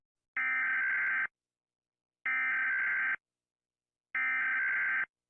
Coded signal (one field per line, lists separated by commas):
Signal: Emergency Alert System (SAME) tones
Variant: header bursts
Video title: Rating EAS Alarms Part 6: Classic Edition